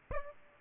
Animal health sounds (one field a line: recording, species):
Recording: mosquito wingbeat signal from an infrared sensor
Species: Aedes aegypti